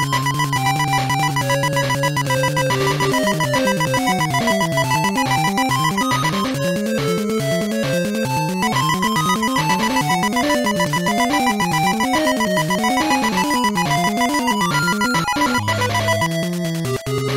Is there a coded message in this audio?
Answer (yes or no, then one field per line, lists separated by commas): no